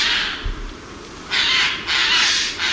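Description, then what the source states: Eurasian jay giving several harsh, noisy rasping screeches in quick succession. Played on radio; related to the magpie; described as not sounding very nice.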